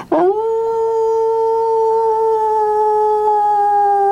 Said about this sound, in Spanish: Es un lugar oscuro, taladrado por el aullido de perros que caminan en una sola pata.